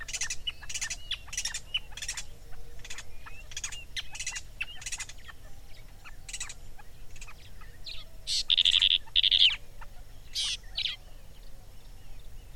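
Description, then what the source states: Usambiro barbet producing scratchy, clipped notes in uneven bursts, broken late by a brief, bright buzzy phrase, over a faint low hum. African bird.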